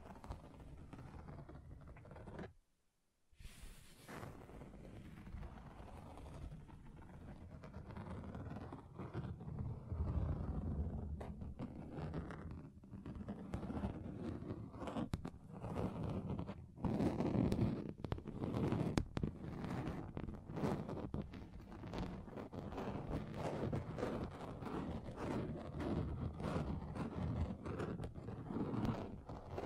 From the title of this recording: Table Scratching Different Surfaces